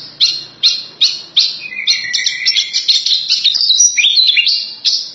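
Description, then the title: Horsfield's bush lark song: a few separate high chirps, then a fast jumbled warble with a gliding whistle sliding through the middle pitches. "branjangan"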